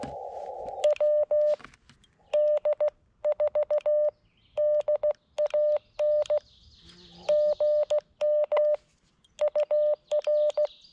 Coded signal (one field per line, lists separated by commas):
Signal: Morse code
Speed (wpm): 16 wpm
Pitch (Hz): 600 Hz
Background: none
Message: WD4DAN GM UR